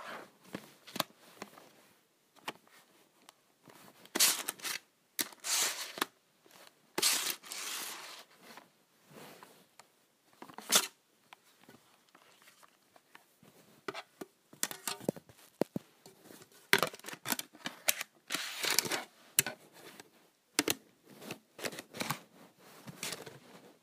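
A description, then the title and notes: A calculator is scratched in short, irregular bursts of rough, bright scraping, some brief and clicky, others drawn out for a second or more. Quiet gaps separate the clusters, and the strokes come unevenly, busiest around the middle and final stretch. ASMR Scratching my Calculator.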